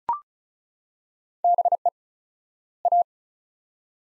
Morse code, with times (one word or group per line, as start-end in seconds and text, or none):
1.4-1.9 BE
2.9-3.0 A